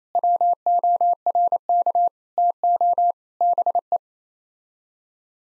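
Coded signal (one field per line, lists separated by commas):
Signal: Morse code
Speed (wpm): 27 wpm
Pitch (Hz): 700 Hz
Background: none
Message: WORK TO BE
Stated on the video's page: Morse head-copy practice at 28 wpm sending common nine-word groups; each set is sent, spoken, then sent again.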